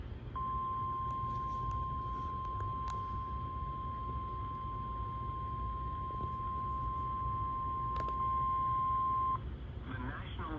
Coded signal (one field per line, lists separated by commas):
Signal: Emergency Alert System (SAME) tones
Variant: 1050 Hz attention tone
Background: speech